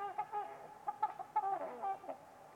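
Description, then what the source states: Trumpeter swan calls: several nasal, horn-like honks in quick succession. Trumpeter swans on a winter's eve at Winters Lake in a deep, silent valley.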